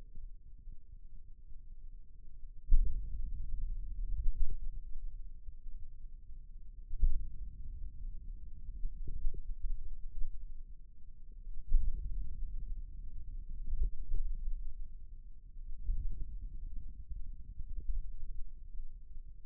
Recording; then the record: forearm muscle sounds (acoustic myography)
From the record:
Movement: hand opening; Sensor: system 2, bracelet of six BSWA MPA416 microphones around the upper forearm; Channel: 3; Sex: male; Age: 22 years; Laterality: right